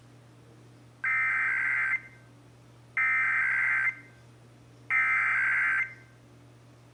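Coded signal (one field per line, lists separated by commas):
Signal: Emergency Alert System (SAME) tones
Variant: header bursts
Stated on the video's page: Texas Required Monthly Test as carried on several radio and TV stations.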